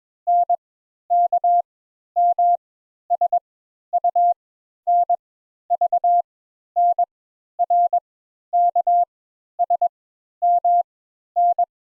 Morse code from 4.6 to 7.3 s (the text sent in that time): N V N